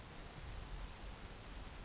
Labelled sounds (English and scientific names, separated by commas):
Grasshopper Sparrow (Ammodramus savannarum)